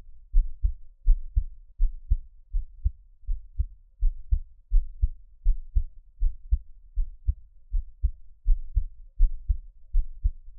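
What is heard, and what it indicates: Steady paired low thumps, a lub-dub pattern at about 81 beats a minute, with an even rhythm and no speech. An adult's own heartbeat heard close up, with ordinary heart sounds, offered for relaxation listening.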